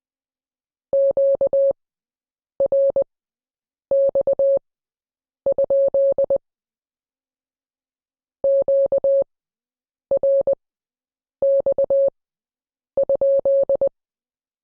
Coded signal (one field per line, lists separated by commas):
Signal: Morse code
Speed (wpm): 20 wpm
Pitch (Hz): 550 Hz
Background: none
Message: QRX? QRX?